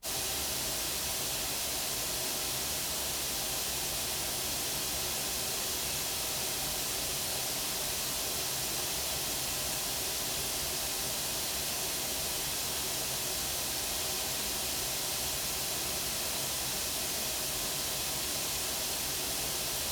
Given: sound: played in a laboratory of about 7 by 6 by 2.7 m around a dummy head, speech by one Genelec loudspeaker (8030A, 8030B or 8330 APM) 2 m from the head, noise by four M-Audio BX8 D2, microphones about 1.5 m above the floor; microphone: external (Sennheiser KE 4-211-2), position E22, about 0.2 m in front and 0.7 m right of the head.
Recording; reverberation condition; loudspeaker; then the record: white noise; low; four, about 170 cm from the corners of the room and facing them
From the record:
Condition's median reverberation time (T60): about 310 ms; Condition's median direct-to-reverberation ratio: about 3.5 dB